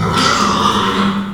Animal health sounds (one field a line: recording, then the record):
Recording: squeal of a Yucatan mini pig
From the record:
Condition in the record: after surgery on the right vocal fold (resection and tissue-engineered implant)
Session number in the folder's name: 17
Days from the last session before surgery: 195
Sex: female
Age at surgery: 19 weeks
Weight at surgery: 25 kg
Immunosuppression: prednisolone